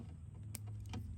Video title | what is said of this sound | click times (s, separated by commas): LED License Plate Light Install - Mk6 GTI | boom Clicks in place | 0.6 s